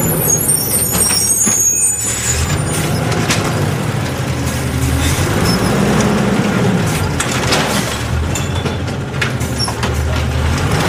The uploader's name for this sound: Garbage Trucks